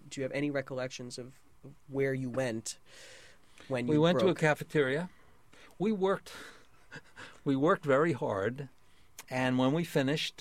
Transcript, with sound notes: What — do you have any recollections of where you went when you broke?
We went to a cafeteria. We worked — [chuckles] we worked very hard and when we finished